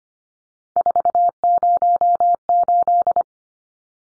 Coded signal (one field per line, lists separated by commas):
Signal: Morse code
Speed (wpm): 25 wpm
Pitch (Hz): 700 Hz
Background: none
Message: 408